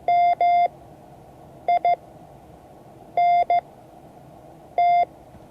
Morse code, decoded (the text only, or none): MINT